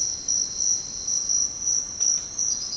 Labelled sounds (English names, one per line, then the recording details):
none
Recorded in secondary vegetation near Puerto Asís, Putumayo, Colombia, on 13 March 2025 at 07:00
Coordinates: 0.484, -76.319
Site G010